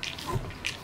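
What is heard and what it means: A lubricated tire bead is being worked onto a bicycle carbon rim while it is pumped up, with watery, hissing sounds and a few short sharp transients. Nothing has seated or clicked yet; the bead is still not home on the rim seat.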